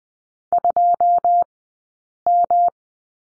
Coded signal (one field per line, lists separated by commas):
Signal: Morse code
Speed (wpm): 20 wpm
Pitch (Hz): 700 Hz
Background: none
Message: 2M